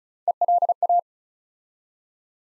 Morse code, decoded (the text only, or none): ELA